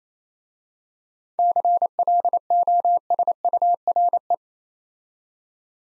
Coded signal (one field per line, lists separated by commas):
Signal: Morse code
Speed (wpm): 28 wpm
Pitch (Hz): 700 Hz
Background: none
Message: CLOSURE